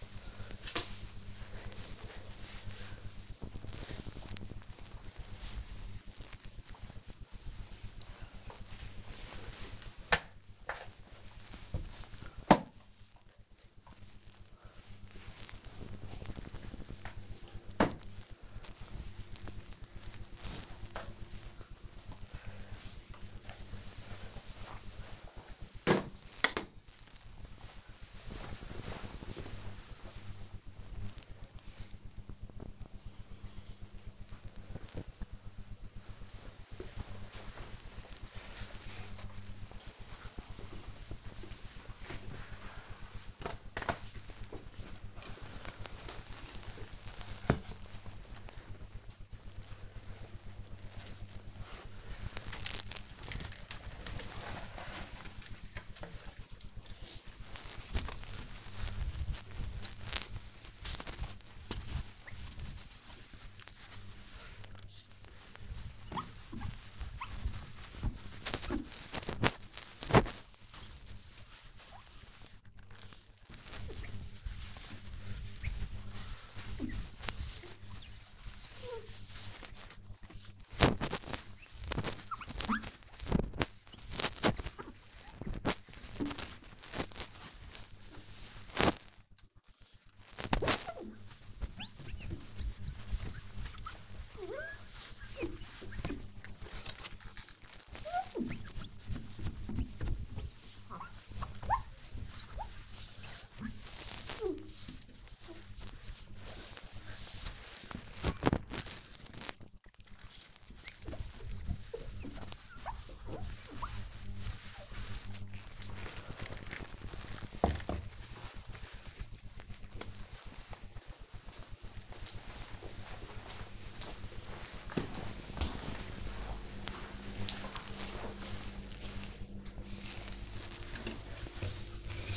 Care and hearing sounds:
household activities, microphone on the right wrist
0.00-24.17 s: floor cleaning
38.26-115.81 s: window cleaning
128.90-132.37 s: cutting vegetables

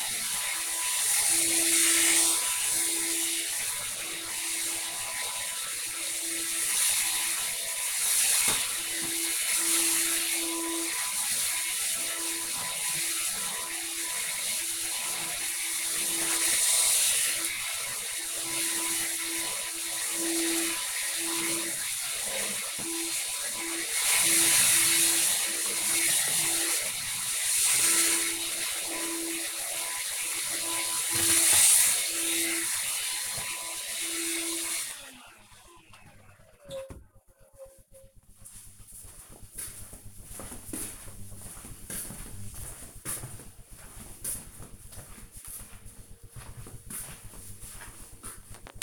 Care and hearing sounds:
household activities, microphone on the right wrist
0.00-34.42 s: vacuum cleaning
47.49-48.83 s: cutting vegetables

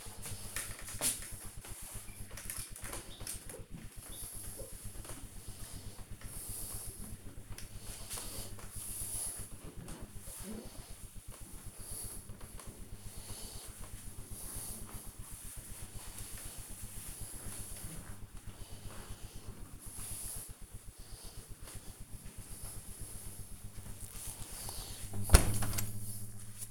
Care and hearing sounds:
household activities, microphone on the right wrist
0.00-26.71 s: window cleaning

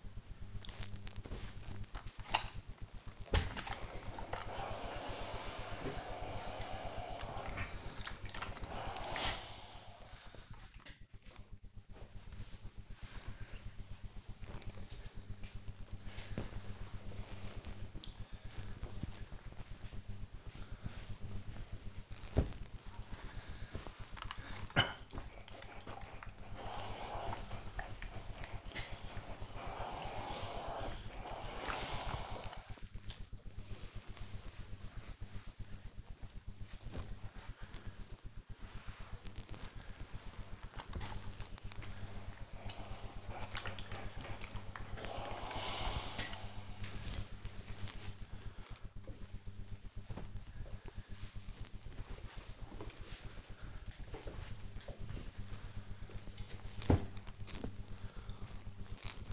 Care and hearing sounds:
household activities, microphone on the right wrist
3.13-10.18 s: ironing laundry
24.27-48.43 s: ironing laundry

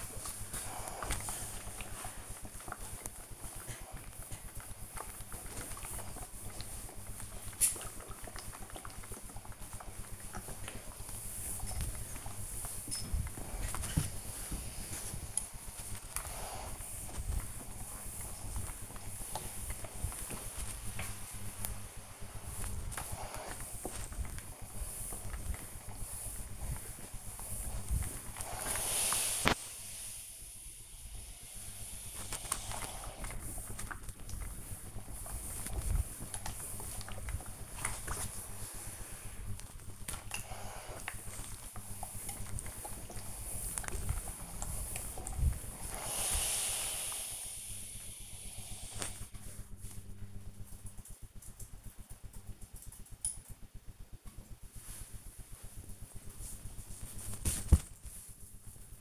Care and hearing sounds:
household activities, microphone on the right wrist
0.00-48.88 s: ironing laundry
53.91-59.01 s: folding laundry

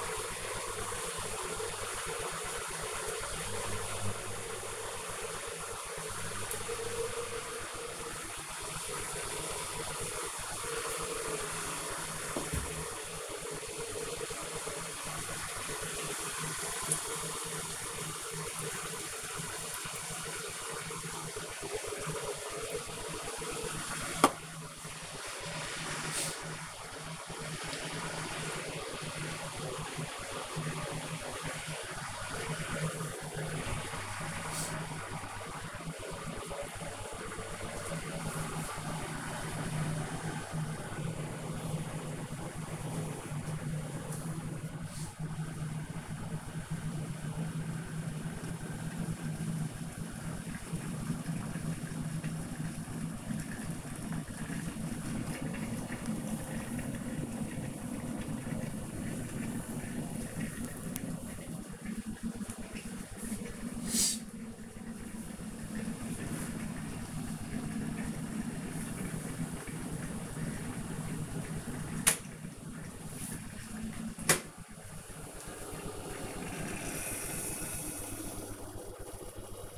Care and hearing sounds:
household activities, microphone on the right wrist
0.00-79.78 s: making tea

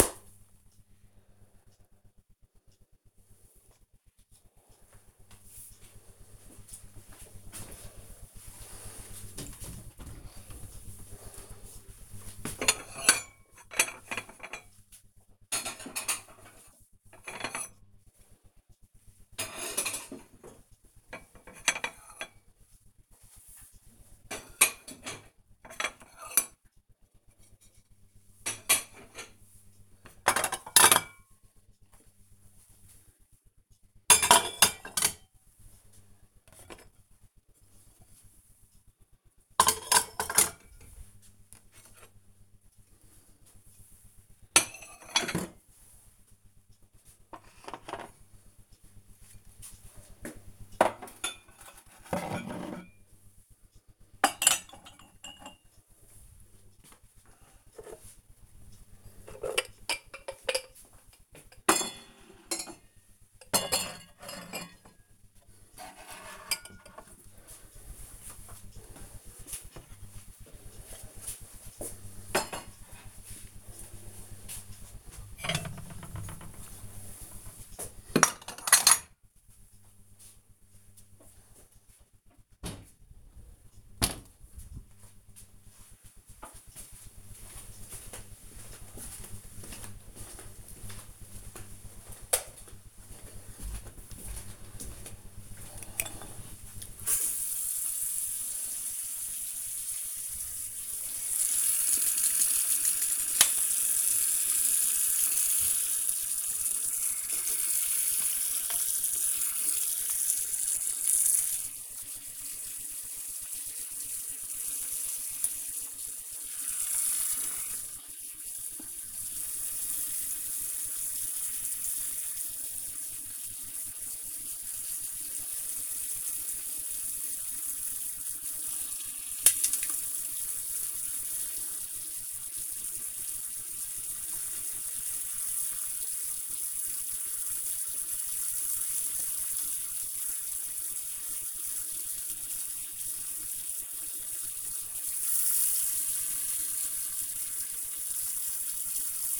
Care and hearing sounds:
household activities, microphone on the right wrist
10.51-83.92 s: putting away the dishes
101.04-149.40 s: brushing teeth

